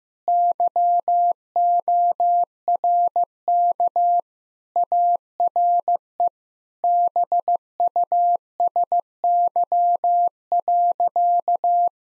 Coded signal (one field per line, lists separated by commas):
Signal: Morse code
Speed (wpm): 15 wpm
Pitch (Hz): 700 Hz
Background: none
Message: YORK ARE BUSY.